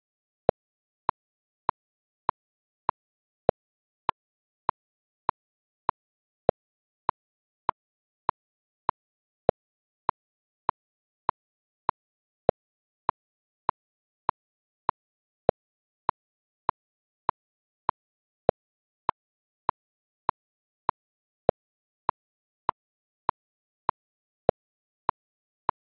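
A metronome ticks steadily at about 100 beats per minute, each click short, dry and mid-pitched, with silence in between. Every fifth click is slightly louder, marking groups of five. The tempo never wavers across the whole stretch, with no other sounds.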